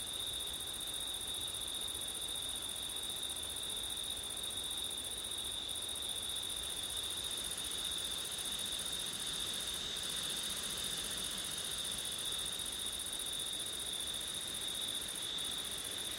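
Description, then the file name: Continuous shrill cricket chorus, high and even, with a few short breaks in the top band and a soft wind hiss. Crickets recorded on a September night with wind. "crickets wind september night ortif"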